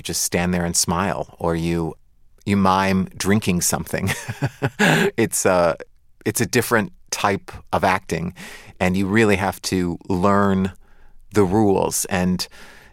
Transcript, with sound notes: You just stand there and smile or you mime drinking something (laughter). It's a different type of acting, and you really have to learn the rules.